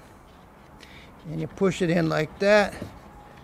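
The plastic cover of an Echo Speed Feed string trimmer head is lined up by its two side clips with the head housing and pushed in by hand while someone talks. Only a couple of faint, brief ticks are heard, near 0.8 s and at 3.5 s. The cover is being handled and nothing has seated or clicked into place yet.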